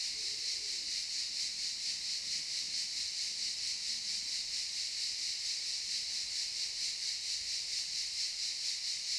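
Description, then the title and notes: Cicadas keep up a dense, high, rasping drone that pulses steadily throughout. Cicadas in the pine forest of a campsite at Albinia, Grosseto, Tuscany, Italy. "Camping Africa, Via Aurelia, Albinia, Grosseto, Toscana, 58015, Italia - Cicale nel campeggio. Cicale nella pineta del campeggio. Cicadas in the pine forest of the campsite"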